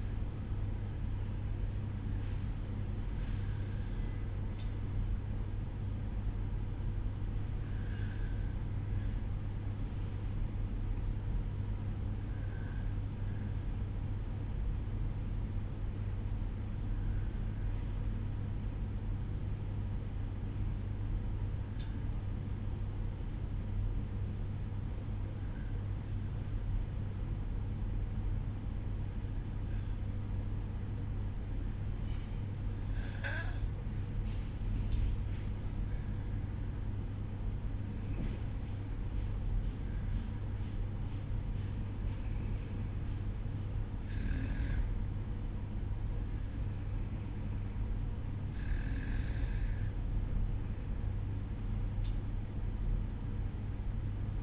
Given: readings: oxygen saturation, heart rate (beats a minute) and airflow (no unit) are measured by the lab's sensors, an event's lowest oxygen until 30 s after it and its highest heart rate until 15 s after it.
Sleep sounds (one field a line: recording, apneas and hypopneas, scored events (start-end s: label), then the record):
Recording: breathing in sleep by a smartphone at the bedside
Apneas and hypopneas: 1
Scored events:
3.00-39.00 s: hypopnea (N1, oxygen 96% highest, then 93% lowest, heart rate 51 at the start, 56 highest)
17.00-47.00 s: new sleep stage, N2 (light sleep)
47.00-54.43 s: awake
47.00-54.43 s: new sleep stage, awake
From the record:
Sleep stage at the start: N1 (lightest sleep)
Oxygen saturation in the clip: 93 to 96%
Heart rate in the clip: 50 to 56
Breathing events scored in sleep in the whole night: 305 in 9.6 hours asleep